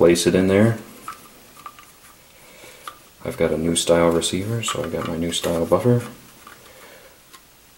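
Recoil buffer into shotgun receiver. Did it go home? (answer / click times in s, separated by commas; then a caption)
no / none. A replacement recoil buffer, a new-style buffer for a new-style SPAS-12 shotgun receiver, is placed into the receiver while someone talks, with a few short handling taps at about 1.1, 1.7, 2.9 and 6.5 seconds. Nothing has popped or locked in yet; the buffer is still being handled and has not seated.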